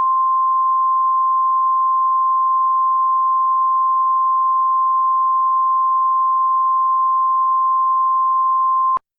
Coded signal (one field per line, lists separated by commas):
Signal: Emergency Alert System (SAME) tones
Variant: 1050 Hz attention tone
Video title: EAS Scenario - NYC Subway sarin attack (500 Subscribers Special)